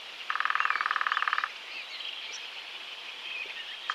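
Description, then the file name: Woodpecker drumming, a rapid even roll lasting over a second, with a brief second roll at the end and faint bird calls in the background. "Pic epeichette"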